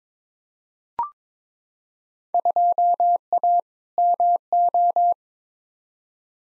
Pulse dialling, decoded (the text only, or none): none